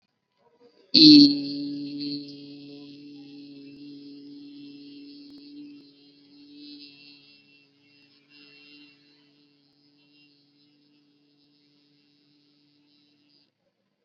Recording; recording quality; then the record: sustained vowel as in beet; excellent, no background noise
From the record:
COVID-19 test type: RT-PCR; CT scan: not taken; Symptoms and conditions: none ticked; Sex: male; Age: 21 years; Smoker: no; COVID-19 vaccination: both doses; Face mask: worn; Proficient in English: yes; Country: India